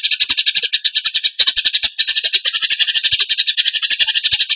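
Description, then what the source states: Bird song: a continuous rasping rattle of rapid high pulses, fast and busy with slight wavering in rhythm. Training recording (masteran) of a bird singing in the tembakan gacor style.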